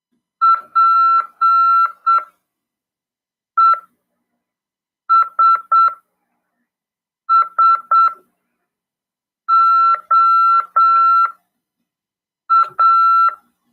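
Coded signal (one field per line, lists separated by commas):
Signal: Morse code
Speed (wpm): 7 wpm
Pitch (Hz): 1340 Hz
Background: none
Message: PESSOA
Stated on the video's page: Morse code (CW) lesson in an amateur radio class, broadcast on FM 146.410 MHz.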